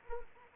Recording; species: mosquito wingbeat signal from an infrared sensor; Anopheles arabiensis